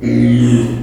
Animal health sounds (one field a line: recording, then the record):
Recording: squeal of a Yucatan mini pig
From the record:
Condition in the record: after surgery on the right vocal fold (resection and tissue-engineered implant)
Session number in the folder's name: 2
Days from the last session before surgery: 13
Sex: male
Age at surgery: 12 weeks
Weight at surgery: 13 kg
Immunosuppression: cyclosporine, prednisolone